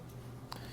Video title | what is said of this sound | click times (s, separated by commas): etrailer - Hands-On with the Diode Dynamics SS3 Sport LED Pod Light | you just plug that in and then it's going to lock into place while we're looking at the back of this light | 0.5 s